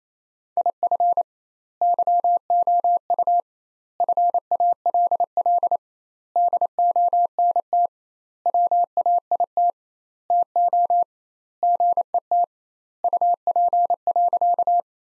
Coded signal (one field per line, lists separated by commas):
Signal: Morse code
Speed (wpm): 27 wpm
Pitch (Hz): 700 Hz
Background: none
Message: IF YOU FALL DONT WAIT TO GET UP.